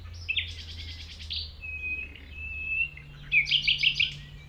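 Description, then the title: Common nightingale opening with a buzzy stuttering phrase, then a long thin whistle, ending in a fast series of loud, repeated rich notes; low hum beneath. Recorded at 195 Rue de Vars, Chindrieux, France, approaching the singing nightingale on foot through tall grass; it ignores outside noise while singing. "195 Rue de Vars, 73310 Chindrieux, France - approche d'un rossignol"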